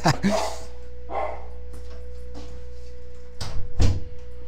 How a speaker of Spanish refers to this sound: Ay, permítanme tantito porque tenemos acá el concierto de los perros.